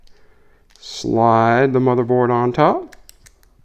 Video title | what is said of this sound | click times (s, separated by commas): Can Tile Sport batteries be replaced? How to replace a Tile Sport battery easily. | and you'll hear it all click together nicely right and then once that's together | 3.1 s, 3.3 s, 3.4 s